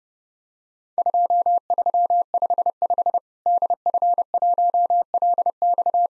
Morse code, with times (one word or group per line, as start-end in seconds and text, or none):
1.0-3.2 2355
3.5-6.1 DF1LX